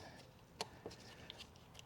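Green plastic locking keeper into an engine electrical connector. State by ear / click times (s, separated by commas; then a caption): seated / 0.6 s. During a spark plug job on a Ford Escape's 2.0L engine, a green plastic locking keeper (connector position assurance clip) is pushed into an engine electrical connector. It snaps into place with a sharp click at 0.6 s, followed by softer ticks and handling noises. The keeper is seated and locked.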